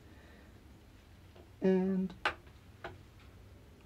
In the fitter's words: until it clicks there we go they're both in